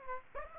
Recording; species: mosquito wingbeat signal from an infrared sensor; Aedes aegypti